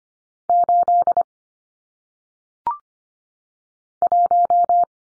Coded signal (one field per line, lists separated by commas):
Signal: Morse code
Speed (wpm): 25 wpm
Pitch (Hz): 700 Hz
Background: none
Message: 8 1